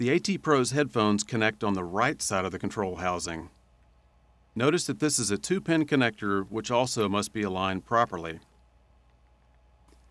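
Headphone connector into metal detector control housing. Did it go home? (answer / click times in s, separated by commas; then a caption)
no / none. Someone talks while the two-pin headphone connector of a Garrett AT Pro metal detector is lined up with its socket on the right side of the control housing, which must be aligned properly before it is pushed fully in and the collar is tightened. Nothing has seated or clicked yet; only a faint brief sound is heard near 9.9 s after the talking stops.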